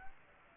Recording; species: mosquito wingbeat signal from an infrared sensor; Aedes aegypti